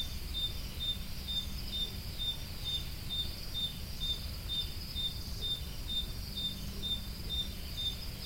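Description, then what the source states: Cricket chirping, short high pips repeated steadily about twice a second, with a fainter insect buzz above and low rumbling background noise. Crickets, more than one, recorded at Roodekopjes.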